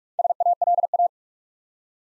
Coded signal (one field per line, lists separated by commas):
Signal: Morse code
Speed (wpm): 44 wpm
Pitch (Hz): 700 Hz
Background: none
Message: SALA